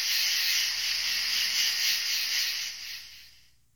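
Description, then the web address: Insect drone, high hissing buzz with gentle pulsing that fades away to silence over the final second. "animali insetti insetti insect"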